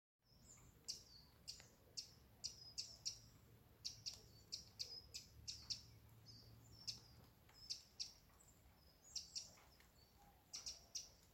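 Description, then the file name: Eurasian wren giving many short, sharp, high ticking notes, repeated irregularly, over a faint low hum. "Troglodytes troglodytes"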